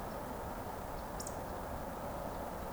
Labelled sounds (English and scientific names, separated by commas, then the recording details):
Eurasian Woodcock (Scolopax rusticola) whistle
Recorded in Baden-Württemberg, Germany, on 24 June 2020 at 19:30 UTC
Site 14569, 102 m above sea level